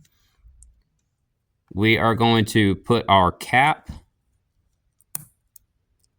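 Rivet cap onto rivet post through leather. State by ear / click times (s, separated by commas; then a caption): seated / 5.2 s. Someone talks, then a metal rivet cap is pressed by hand onto the rivet post sticking up through the punched leather. The cap audibly snaps into place at 5.2 s with a sharp click, and faint ticks follow. The cap is seated onto the post, ready to be tapped down with a setter.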